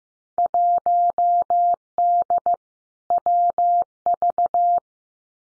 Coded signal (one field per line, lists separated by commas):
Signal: Morse code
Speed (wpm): 15 wpm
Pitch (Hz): 700 Hz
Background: none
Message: 1D WV